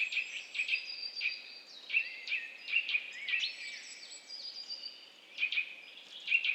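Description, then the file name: Eurasian nuthatch calls: bright, sharp notes given singly and in pairs at uneven intervals. "Sitta europaea"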